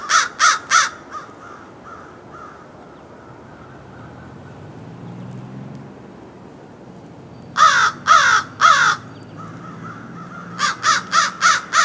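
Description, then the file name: American crow cawing in harsh bursts: three loud caws followed by fainter ones, a long quiet gap, three more loud caws, then a quicker run of several. "Corvus brachyrhynchos - American Crow"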